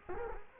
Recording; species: mosquito wingbeat signal from an infrared sensor; Culex quinquefasciatus